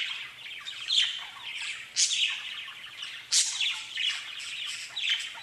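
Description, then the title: Budgerigar calls: a grating, rolling warble punctuated by several loud, sharp chirps. "Budgie Sounds"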